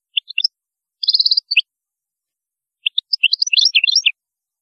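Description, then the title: European goldfinch song: short bursts of bright twittering and tinkling notes, a quick trilled run, then a longer jumbled twitter after a pause. "Chant Chardonneret"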